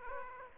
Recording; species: mosquito wingbeat signal from an infrared sensor; Aedes aegypti